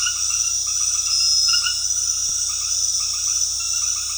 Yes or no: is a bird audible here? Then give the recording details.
no. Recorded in dense forest near Puerto Asís, Putumayo, Colombia, on 20 February 2024 at 20:00. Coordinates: 0.485, -76.322. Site G6406